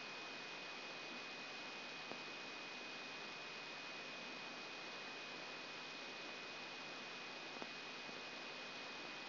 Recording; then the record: brain microelectrode recording played as sound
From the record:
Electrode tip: outside the subthalamic nucleus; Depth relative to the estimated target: -4 mm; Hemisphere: right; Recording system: AlphaMap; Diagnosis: Parkinson's disease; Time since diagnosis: 16 years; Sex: male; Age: 60 years